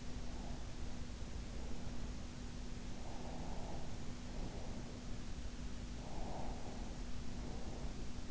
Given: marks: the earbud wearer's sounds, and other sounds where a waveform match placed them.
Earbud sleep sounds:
sounds in sleep by an in-ear microphone; breath
0.00-2.38 s: breath
2.91-5.16 s: breath
5.91-8.21 s: breath

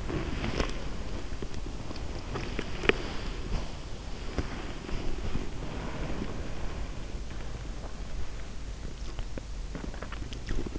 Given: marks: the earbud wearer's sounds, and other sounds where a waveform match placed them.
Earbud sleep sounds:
sounds in sleep by an in-ear microphone; body movement, swallowing
0.00-7.43 s: body movement
9.16-10.79 s: swallowing

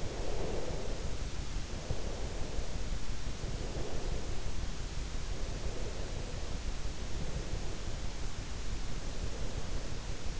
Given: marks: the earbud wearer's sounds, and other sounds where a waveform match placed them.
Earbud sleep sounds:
sounds in sleep by an in-ear microphone; breath
0.00-2.99 s: breath
3.18-6.70 s: breath
6.96-10.40 s: breath

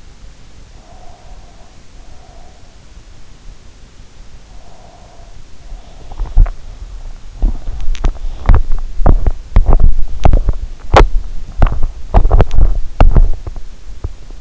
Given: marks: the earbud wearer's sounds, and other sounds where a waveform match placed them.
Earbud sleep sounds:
sounds in sleep by an in-ear microphone; breath, swallowing, teeth grinding
0.67-2.82 s: breath
4.67-5.94 s: breath
5.97-6.65 s: swallowing
7.33-14.41 s: teeth grinding

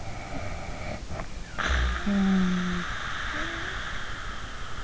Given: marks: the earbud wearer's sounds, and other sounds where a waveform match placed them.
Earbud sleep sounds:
sounds in sleep by an in-ear microphone; snoring breath
0.09-4.83 s: snoring breath

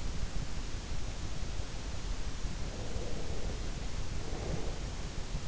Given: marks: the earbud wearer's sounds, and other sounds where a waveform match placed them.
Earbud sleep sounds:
sounds in sleep by an in-ear microphone; breath
2.63-4.99 s: breath

